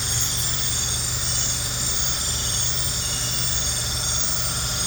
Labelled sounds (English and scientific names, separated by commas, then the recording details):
none
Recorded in pastures near Puerto Asís, Putumayo, Colombia, on 20 December 2024 at 21:30
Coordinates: 0.466, -76.322
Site G040